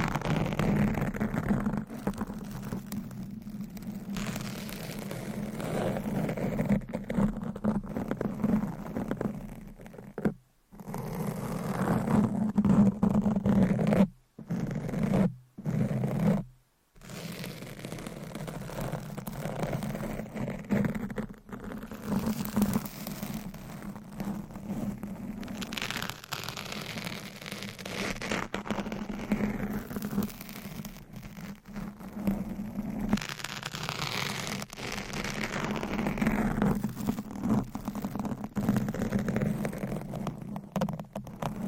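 Scratching, tapping and massage sounds form a dense, steady rustle with a low hum running underneath throughout. Near the middle, around 10 to 17 seconds, the sound cuts out in several sharp gaps of silence before the scratchy texture resumes and carries on evenly to the end.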